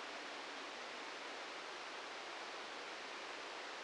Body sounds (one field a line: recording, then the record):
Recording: brain microelectrode recording played as sound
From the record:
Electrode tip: outside the subthalamic nucleus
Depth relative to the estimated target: 0 mm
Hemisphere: right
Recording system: NeuroSet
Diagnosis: Parkinson's disease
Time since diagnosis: 13 years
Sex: male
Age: 65 years